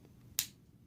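The plastic glove box latch of a 2004 Canyon, repaired with a zip tie, is tugged and releases from its dashboard catch with a single sharp snap at 0.4 s. The door pops open, with only a faint low hum before and after.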